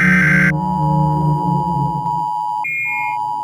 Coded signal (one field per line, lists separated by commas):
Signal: Emergency Alert System (SAME) tones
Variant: 853 and 960 Hz attention tone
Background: music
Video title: Mirrorblinded (EAS Scenario)